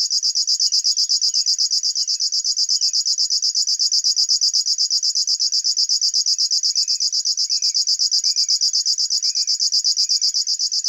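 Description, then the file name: River warbler song: a dry, insect-like buzzing of rapid rhythmic pulses, steady and unbroken throughout, with faint short chirps of another bird beneath. "Schlagschwirl - Locustella fluviatilis"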